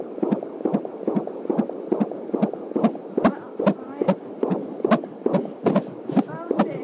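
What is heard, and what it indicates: Fast, regular whooshing pulses at about 143 a minute: a baby girl's fetal heartbeat on a home Doppler monitor played through an external speaker, found just past the pubic line at about 21 weeks of pregnancy, within the normal range of 120 to 150 beats per minute.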